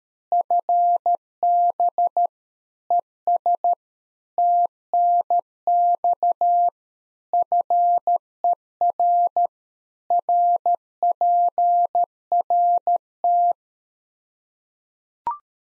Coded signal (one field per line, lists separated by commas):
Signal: Morse code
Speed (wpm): 13 wpm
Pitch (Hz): 700 Hz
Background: none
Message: FB ES TNX FER RPRT